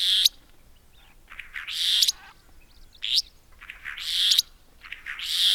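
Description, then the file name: Restless flycatcher uttering harsh, strident grinding bursts of varying length, some clipped and some drawn out, separated by short silences. "Myiagra Inquieta"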